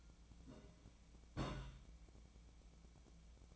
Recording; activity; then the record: daily activity, microphone in the room; place on stove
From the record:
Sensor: 1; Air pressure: 1009.9 hPa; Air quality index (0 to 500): 188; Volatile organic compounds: 17 ppm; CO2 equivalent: 2575 ppm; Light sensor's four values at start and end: 37/95/40/48 and 37/95/40/48